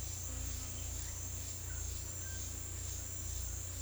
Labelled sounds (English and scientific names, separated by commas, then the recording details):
none
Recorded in secondary vegetation near Puerto Asís, Putumayo, Colombia, on 18 December 2024 at 09:30
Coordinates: 0.488, -76.319
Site GP04